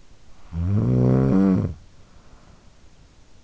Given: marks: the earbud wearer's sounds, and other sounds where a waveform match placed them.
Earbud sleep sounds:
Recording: sounds in sleep by an in-ear microphone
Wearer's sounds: snoring breath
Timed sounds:
0.01-3.02 s: snoring breath

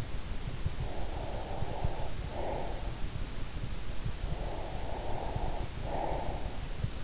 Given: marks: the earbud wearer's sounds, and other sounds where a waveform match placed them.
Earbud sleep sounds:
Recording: sounds in sleep by an in-ear microphone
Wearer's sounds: breath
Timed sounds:
0.82-2.89 s: breath
4.20-6.66 s: breath

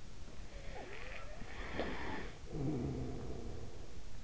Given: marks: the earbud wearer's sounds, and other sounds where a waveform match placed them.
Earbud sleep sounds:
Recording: sounds in sleep by an in-ear microphone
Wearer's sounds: snoring breath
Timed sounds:
0.63-4.17 s: snoring breath

